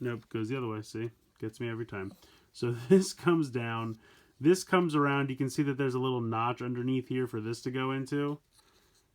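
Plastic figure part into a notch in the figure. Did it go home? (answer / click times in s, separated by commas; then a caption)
no / none. A plastic part of a figure is handled and swung around toward a small notch underneath it while someone talks. The clip ends before the part goes into the notch, so nothing has seated or clicked yet.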